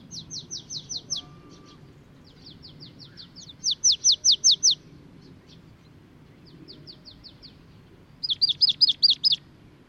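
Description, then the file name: Marsh tit calls: high, quick series of sharp repeated notes in bursts of four to eight, with short pauses between runs and a faint low hum beneath. "Poecile palustris"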